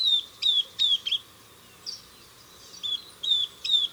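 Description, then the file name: Southern beardless tyrannulet with several high, thin, falling whistles, a run at the start and another toward the end after a quiet stretch. "Camptostoma obsoletum - Southern Beardless Tyrannulet"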